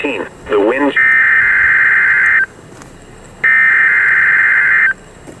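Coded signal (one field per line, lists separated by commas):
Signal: Emergency Alert System (SAME) tones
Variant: header bursts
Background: speech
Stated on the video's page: Weather radio Required Weekly Test from the Milwaukee office, received with wind noise on a Sangean DT-500W from weather radio stations.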